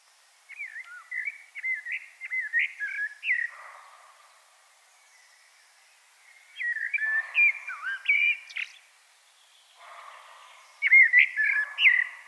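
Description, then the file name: Common blackbird singing three bursts of fluty, warbling whistles with quiet pauses between; the last burst is cut off. "Turdus merula"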